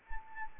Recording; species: mosquito wingbeat signal from an infrared sensor; Anopheles arabiensis